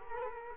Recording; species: mosquito wingbeat signal from an infrared sensor; Culex quinquefasciatus